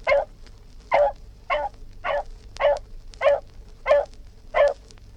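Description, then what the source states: Dog barking in a steady series, eight sharp mid-pitched barks spaced roughly two-thirds of a second apart, over a faint low hum. Dog barking; historical BBC collection.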